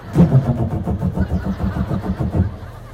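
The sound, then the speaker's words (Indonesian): A motorcycle with a modified exhaust, ridden by a man arriving at a house on a Saturday afternoon, putters and revs with a loud, throaty exhaust, its low rumble pulsing in rapid, steady beats for a few seconds without any talking. “Sore-sore Sabtu datang laki-laki tak mahram datang ke rumah dengan membawa sepeda motor yang kenal pot yang sudah ikut sunat masal.”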